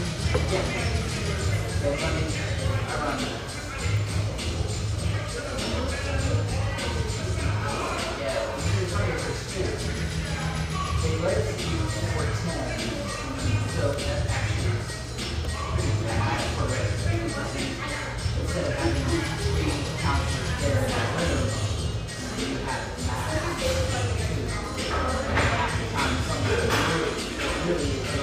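A busy family coffee shop near Portland's Willamette riverfront, filled with a steady, dense murmur of overlapping voices and chatter. A low hum runs underneath throughout, while brief clinks, shuffles and small clatters pop up frequently across the whole stretch.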